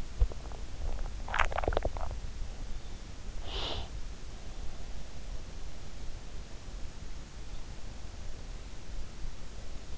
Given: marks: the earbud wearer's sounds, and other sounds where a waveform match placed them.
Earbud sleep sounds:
sounds in sleep by an in-ear microphone; swallowing, breath
0.00-2.39 s: swallowing
3.04-4.72 s: breath

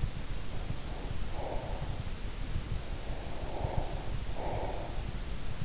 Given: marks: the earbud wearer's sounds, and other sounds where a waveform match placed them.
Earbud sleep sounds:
sounds in sleep by an in-ear microphone; breath
0.44-2.04 s: breath
2.96-5.07 s: breath

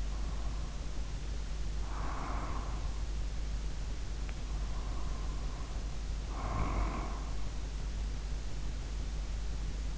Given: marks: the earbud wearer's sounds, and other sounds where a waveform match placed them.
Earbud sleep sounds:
sounds in sleep by an in-ear microphone; breath, snoring breath
0.00-2.97 s: breath
4.33-7.40 s: snoring breath

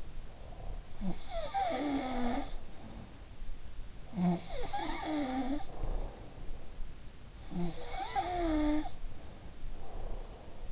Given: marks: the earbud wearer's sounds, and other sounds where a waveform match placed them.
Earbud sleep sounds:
sounds in sleep by an in-ear microphone; breath
0.00-0.98 s: breath
0.89-3.38 s: sound from someone else or the room
4.09-6.51 s: sound from someone else or the room
7.42-10.72 s: sound from someone else or the room
9.66-10.72 s: breath

